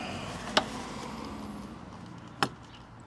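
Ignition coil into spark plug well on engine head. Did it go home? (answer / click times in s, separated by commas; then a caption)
yes / 2.4 s. An ignition coil, number 4, is pushed down with the help of a lever onto the spark plug in its well in the cylinder head of a BMW E90/E92/E93 M3 S65 engine. A sharp transient at 0.6 s is followed by a quieter stretch of low background noise, then a crisp snap at 2.4 s. That snap confirms the coil is seated in place.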